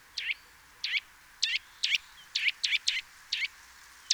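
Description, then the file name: Eurasian nuthatch making harsh, sharp call notes about every half second, a few doubled, loud and clear. "Sitta europaea"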